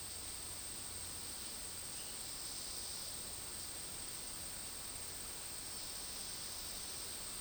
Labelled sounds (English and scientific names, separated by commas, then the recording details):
none
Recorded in dense forest near Puerto Asís, Putumayo, Colombia, on 18 February 2024 at 10:30
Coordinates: 0.481, -76.318
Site G6421